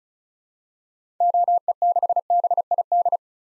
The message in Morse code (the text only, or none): OE6BID